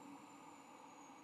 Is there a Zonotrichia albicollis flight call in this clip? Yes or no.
no